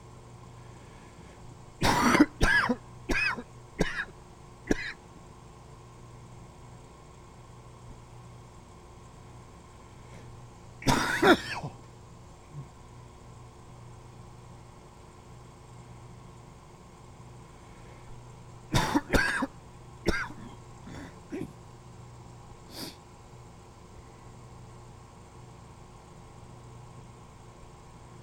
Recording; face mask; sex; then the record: voluntary coughing; surgical mask; male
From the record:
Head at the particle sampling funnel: turned sideways, cheek in front of it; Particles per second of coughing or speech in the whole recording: 55.7